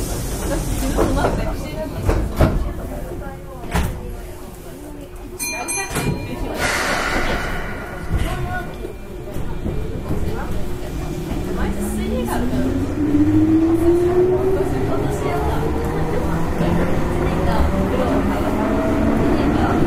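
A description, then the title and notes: A Keihan 6000 series train runs with a steady low rumble underneath, while voices speak through the first half. Sharp knocks and clicks sound around two to seven seconds, then a motor tone rises steadily in pitch from about twelve seconds as the train gathers speed. 京阪電車 6000系 急行 枚方市から祇園四条まで. 京阪電気鉄道 6000系電車の走行音です。 急行列車にて録音しました。 It is a running sound of a 6000 series train.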